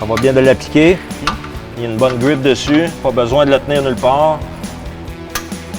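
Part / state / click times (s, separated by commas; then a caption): torque wrench tightening a fastener on a helicopter / torque reached / 5.4 s. A technician tightens a fastener on a helicopter with a torque wrench while someone talks over background music. At 5.4 s the wrench gives a sharp, clearly audible click as it reaches its set torque.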